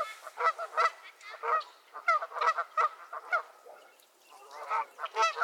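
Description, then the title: Goose: geese squabbling with rapid, overlapping nasal honks in a dense, noisy chorus, easing briefly before the honking picks up again. Several geese squabbling at Miner's Marsh, Annapolis Valley, Nova Scotia. "Theraphonia - Geese at Miner's Marsh"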